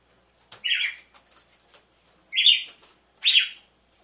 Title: Canto Galo Campina Fêmea. ESQUENTE GALO DE CAMPINA COM BATIDA DE DOIS MACHOS